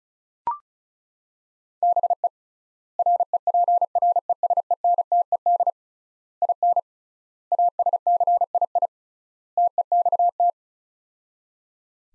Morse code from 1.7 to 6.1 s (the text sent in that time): BE REPRESENTED